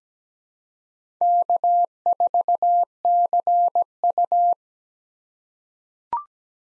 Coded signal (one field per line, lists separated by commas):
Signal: Morse code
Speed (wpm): 17 wpm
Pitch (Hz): 700 Hz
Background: none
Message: K4CU